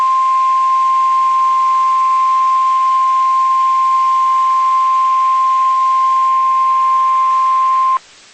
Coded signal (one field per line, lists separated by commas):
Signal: Emergency Alert System (SAME) tones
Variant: 1050 Hz attention tone